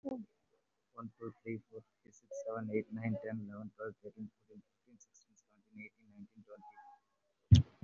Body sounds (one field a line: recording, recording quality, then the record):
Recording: counting at a fast pace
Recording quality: excellent, no background noise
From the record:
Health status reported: COVID-19 positive, mild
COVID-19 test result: positive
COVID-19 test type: RT-PCR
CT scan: taken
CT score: 0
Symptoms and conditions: cough, cold, sore throat, fever, fatigue, muscle pain, diarrhoea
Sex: male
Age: 47 years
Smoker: no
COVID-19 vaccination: one dose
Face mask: worn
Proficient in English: yes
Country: India